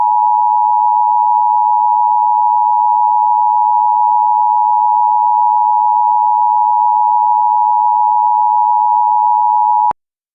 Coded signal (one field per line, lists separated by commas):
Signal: Emergency Alert System (SAME) tones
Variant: 853 and 960 Hz attention tone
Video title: 28-3 | An EAS Scenario